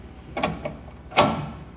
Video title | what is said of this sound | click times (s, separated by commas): Predator SS LP Full Service | and lastly to make sure that this is not sitting here pops into place it means you've got the hole and that screw going in correctly | 1.2 s